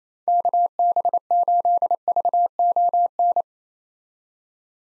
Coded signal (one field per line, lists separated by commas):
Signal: Morse code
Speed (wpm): 28 wpm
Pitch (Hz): 700 Hz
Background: none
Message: KB8VON